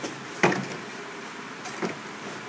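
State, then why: Seated. A fold-out work shelf on an equipment cart is slid across the cart handle to make a work space for a lighting controller. A faint knock comes first, then a sharp hit at 0.4 s as the shelf locks in place, followed by a softer knock near 1.8 s. The shelf is seated and locked.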